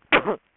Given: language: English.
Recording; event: throat vibration sensor signal played as sound; cough